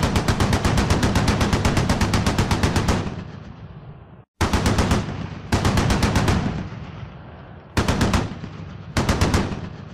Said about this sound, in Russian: Из-за стены снизу раздались короткие пулеметные очереди.